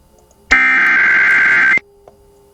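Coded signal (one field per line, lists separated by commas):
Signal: Emergency Alert System (SAME) tones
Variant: header bursts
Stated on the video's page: SAME tones of a Severe Thunderstorm Warning for California counties, aired on KALT-FM; a copied recreation.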